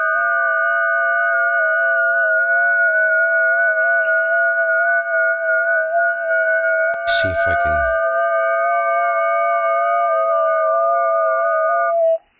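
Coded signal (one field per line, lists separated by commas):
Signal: FT8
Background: speech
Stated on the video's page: FT8 run on an Apache Labs Anan radio.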